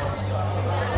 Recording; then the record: background sound without coughing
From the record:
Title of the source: CITY SOUNDS Busy Bar in the Evening Night - 2 HOURS of Ambiance for Relaxation